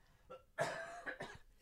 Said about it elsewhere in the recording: That's a great sounding cough you got there. I took the microphone away from my mouth, so you might not have heard it as intensely.